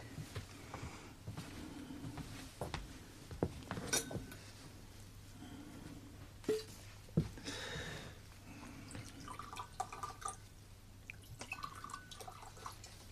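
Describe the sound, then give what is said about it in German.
Two glasses clink a few times while Scotch whisky is poured into them, with small splashes and drips over a steady low hum. No one speaks. “Haben Sie vielleicht 2 Gläser?”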